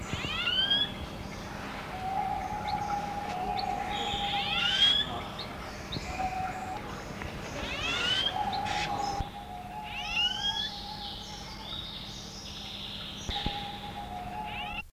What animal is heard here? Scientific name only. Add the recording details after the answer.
Stagonopleura guttata. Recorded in captivity. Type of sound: call. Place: Zoo Basel, CH. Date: 1976-09-13. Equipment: Halbspur, 9,5 cm/s. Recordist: Lütgens, Hans. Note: Rufe